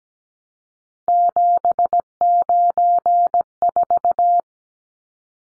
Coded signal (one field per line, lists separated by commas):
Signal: Morse code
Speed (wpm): 17 wpm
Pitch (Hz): 700 Hz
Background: none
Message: 794